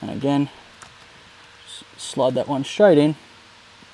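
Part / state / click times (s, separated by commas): yellow wiring plug into clock spring socket / not seated / none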